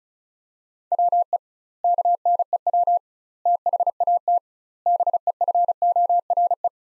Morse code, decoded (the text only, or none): WE KNEW THAT BEFORE